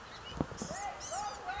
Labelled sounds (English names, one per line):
Blue-gray Gnatcatcher